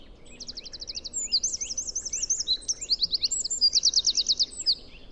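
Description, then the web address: Bird song of high, rapid trilled phrases, buzzy repeated notes alternating with sweeping chirps, several bursts in quick succession over a faint low background hiss. "cianscape birddata Deverinetal 2025"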